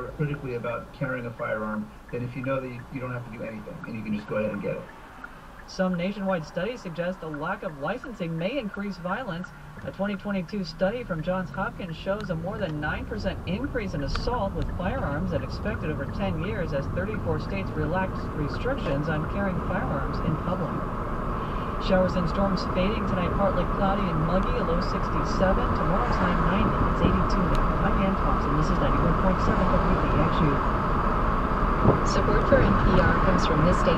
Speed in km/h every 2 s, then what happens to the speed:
0, 0, 0, 0, 0, 0, 0, 19, 27, 35, 44, 48, 53, 56, 58, 61, 61.
0-12 standing. 12-34 pulls away to 61.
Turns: none.